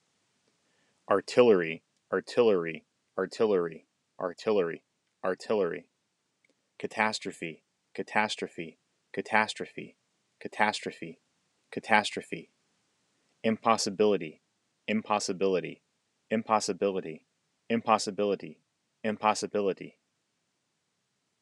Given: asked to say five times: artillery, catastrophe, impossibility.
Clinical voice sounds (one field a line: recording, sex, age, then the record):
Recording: three words, each repeated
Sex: male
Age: 30 to 39 years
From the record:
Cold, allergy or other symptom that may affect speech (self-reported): no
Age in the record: 37 years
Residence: New York, United States